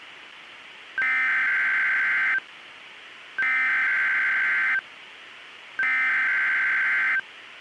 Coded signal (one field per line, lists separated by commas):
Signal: Emergency Alert System (SAME) tones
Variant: header bursts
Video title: EAS Recreation (06/23/24): Custom NWR Screen Test